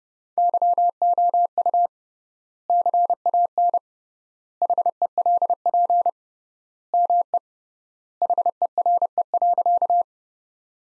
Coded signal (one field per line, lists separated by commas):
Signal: Morse code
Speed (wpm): 29 wpm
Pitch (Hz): 700 Hz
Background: none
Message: YOU CAN HELP ME HERE.